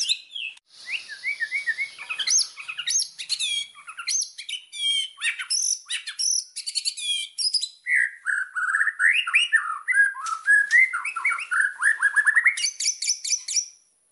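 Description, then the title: White-rumped shama song: long, varied medley of whistles, sharp chips, rattles and rising trilled phrases, delivered almost without pause. Song used as a lure (pancingan) for other birds, said to provoke an immediate response; described as singing constantly (gacor). "PANCINGAN MEWAH MURAI BATU GACORSEKALI DENGAR AMPUH LANGSUNG RESPON"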